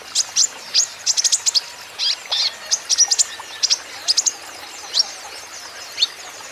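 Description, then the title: Van Hasselt's sunbird song: rapid clusters of piercing high chirps and short squeaks, delivered in quick bursts at irregular intervals. Steadily singing bird, used as a lure and therapy song to prompt untrained birds to answer. "KOLIBRI NINJA KONIN IJOAN GACOR COCOK UNTUK PANCINGAN TERAPI KONIN BAHAN"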